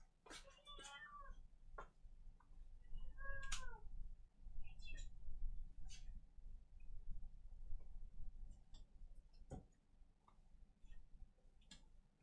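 A cat gives two drawn-out, wavering meows in the first few seconds, followed by scattered sharp clicks and taps over a low, steady rumble. No one speaks.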